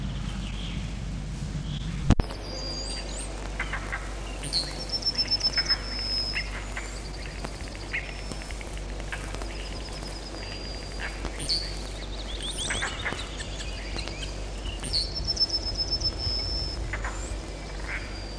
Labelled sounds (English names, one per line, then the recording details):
European Roller
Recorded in the wild
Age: adult
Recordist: Meyer, Hugo